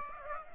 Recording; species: mosquito wingbeat signal from an infrared sensor; Aedes aegypti